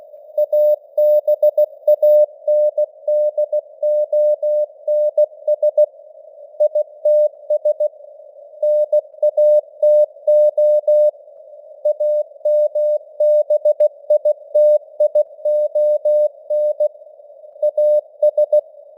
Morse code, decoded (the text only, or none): ABANDONS ITS NATO AMBITION AS